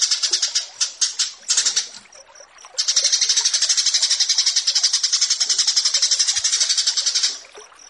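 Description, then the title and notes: Horsfield's bush lark song: choppy pulsed bursts, a brief lull with high whistled notes, then a long fast buzzy trill. Bird-keeping song tutoring recording (masteran) of a branjangan, presented as branjangan versus burger. "Branjangan VS BURGER Masteran Mewah 1. burung BRANJANGAN"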